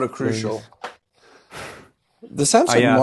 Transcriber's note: sighs and snorts